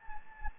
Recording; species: mosquito wingbeat signal from an infrared sensor; Anopheles gambiae